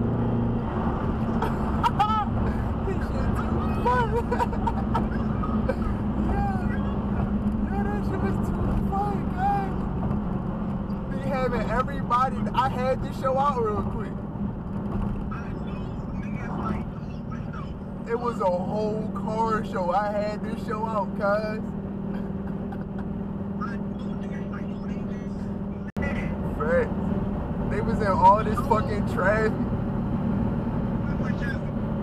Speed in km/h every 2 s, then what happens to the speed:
179, 172, 164, 158, 150, 137, 127, 122, 121, 121, 122, 122, 126, 126, 121, 118.
0-13 brakes to 122. 13-27 steady at about 122. 27-32 slows to 118.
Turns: none.